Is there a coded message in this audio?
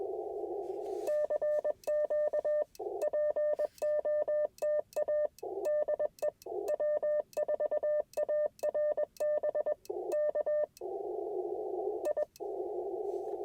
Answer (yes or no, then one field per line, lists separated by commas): yes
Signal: Morse code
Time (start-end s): 1.1-12.2 s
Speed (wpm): 21 wpm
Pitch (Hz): 600 Hz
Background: radio noise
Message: CQ POTA DE W4ARB K I